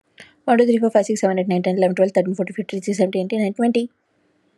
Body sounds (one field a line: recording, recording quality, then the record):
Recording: counting at a fast pace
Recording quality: excellent, no background noise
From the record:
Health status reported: COVID-19 positive, mild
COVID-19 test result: positive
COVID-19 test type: RT-PCR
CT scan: not taken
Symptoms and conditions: fatigue, muscle pain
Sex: female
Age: 28 years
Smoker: no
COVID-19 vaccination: both doses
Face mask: not worn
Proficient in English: yes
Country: India